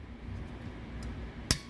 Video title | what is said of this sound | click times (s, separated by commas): How To Adjust Your Stealth Back Rest | until it snaps into place same way on the other side | 1.5 s